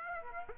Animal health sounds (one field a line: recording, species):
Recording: mosquito wingbeat signal from an infrared sensor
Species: Aedes aegypti